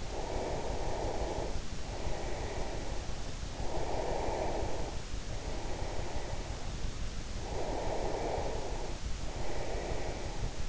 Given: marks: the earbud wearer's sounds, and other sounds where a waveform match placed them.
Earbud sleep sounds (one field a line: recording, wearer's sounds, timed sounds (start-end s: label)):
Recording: sounds in sleep by an in-ear microphone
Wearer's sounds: breath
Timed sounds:
0.00-3.33 s: breath
3.57-7.01 s: breath
7.28-10.69 s: breath